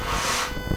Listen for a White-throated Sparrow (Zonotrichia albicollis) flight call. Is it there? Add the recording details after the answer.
no. No flight call is heard. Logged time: 01:58 on 4 September 2014